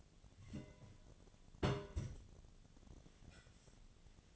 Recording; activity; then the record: daily activity, microphone in the room; place on stove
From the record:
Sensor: 4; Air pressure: 1010.8 hPa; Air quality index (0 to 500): 168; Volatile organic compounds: 5 ppm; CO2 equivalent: 1709 ppm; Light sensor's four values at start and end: 39/111/44/46 and 38/110/44/45